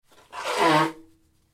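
An adult's single sneeze: a brief breathy intake, then a loud explosive burst of about half a second that fades into a short voiced tail.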